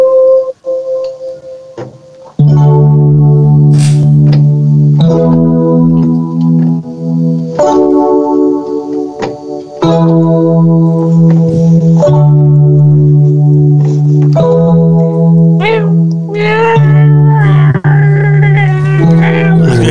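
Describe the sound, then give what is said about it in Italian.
A Windows restart song plays: a loud synthesized tune of sustained, layered chords that shift every couple of seconds, building brighter toward the end, with no one talking over it. “No, sentiamo la canzone del riavvio di Windows.”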